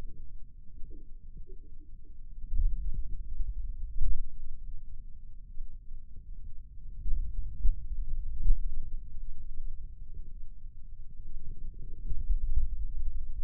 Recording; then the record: forearm muscle sounds (acoustic myography)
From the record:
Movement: pen grasping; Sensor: system 2, bracelet of six BSWA MPA416 microphones around the upper forearm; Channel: 2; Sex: male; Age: 22 years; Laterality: right